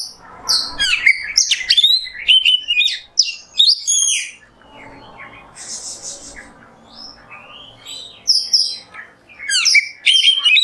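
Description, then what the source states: Oriental magpie-robin delivering bursts of fast, sharp whistled notes, then a quieter stretch with a hiss, before further bright phrases close the passage. Kacer song in the 'nembak' style, used as masteran tutoring.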